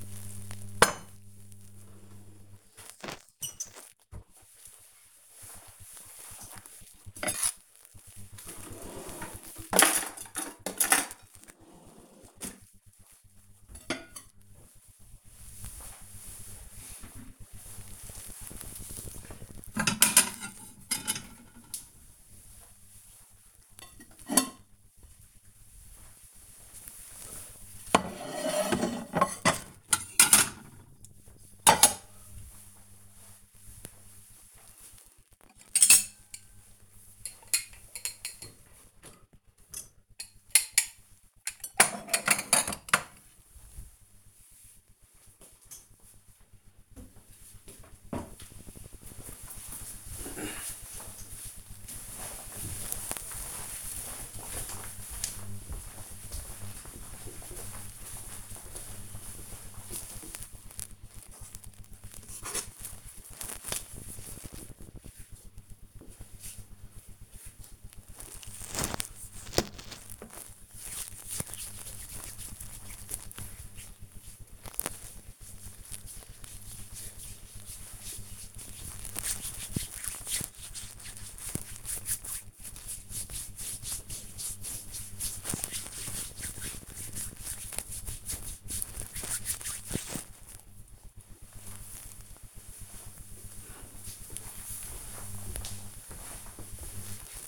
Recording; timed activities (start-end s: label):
household activities, microphone on the right wrist
0.00-45.79 s: putting away the dishes
60.89-90.08 s: cream hands